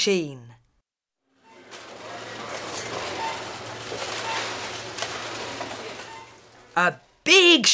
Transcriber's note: fx: supermarket